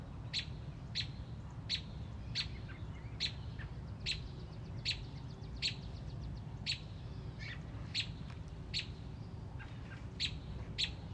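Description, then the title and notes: Robin sounding a steady run of piercing chips, evenly spaced under a second apart, with soft faint chatter and a low hum behind. Mother robin on a front porch, protecting a newly hatched chick. "A Mother Robin’s Love. Stubbled upon a Mother Robin on our front porch. Protecting a newly born baby Robin"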